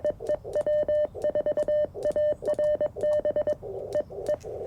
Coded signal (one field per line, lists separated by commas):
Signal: Morse code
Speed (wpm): 21 wpm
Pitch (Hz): 600 Hz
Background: none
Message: EE W4ARB E E